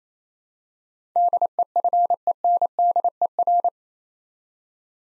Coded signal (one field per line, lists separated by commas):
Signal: Morse code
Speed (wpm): 28 wpm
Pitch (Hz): 700 Hz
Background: none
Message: DEFENDER